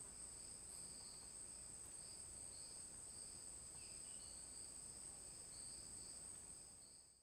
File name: Ambiente na floresta com grilos e canto de passaro isolado